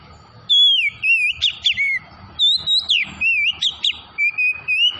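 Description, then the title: Oriental magpie-robin delivering a continuous stream of loud, sweet whistles and slurred notes in quick succession, with a steady faint hum underneath. Tretes variety of the bird, singing vigorously (gacor). "Kacer Tretes Gacor"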